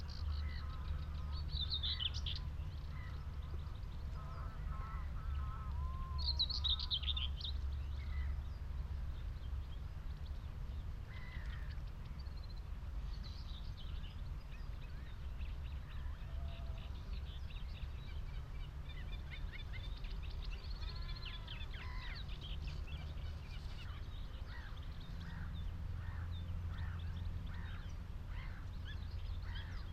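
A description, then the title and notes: On Higham Marshes, a steady low rumble runs beneath scattered bright bird calls and chirps, with busier bursts of song around the middle and end. Out in the wide open on Higham Marshes in Kent on a warm May afternoon. The sound scene of the Higham Marshes nature reserve from a little hawthorn tree in full scented blossom. Giant operating container ports rumble on the same horizon.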